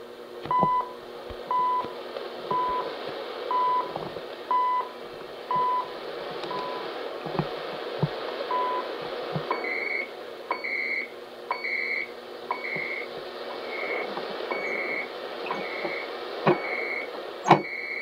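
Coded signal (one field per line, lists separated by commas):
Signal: radio time signal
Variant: CHU Canada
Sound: short beeps about once a second, then a steady high data tone with brief breaks and crackles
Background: radio static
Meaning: Each tick marks one second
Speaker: reception of chu canada here let me turn that down this is chu canada it is a canadian time station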